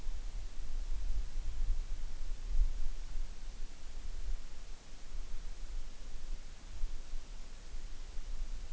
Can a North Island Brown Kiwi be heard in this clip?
no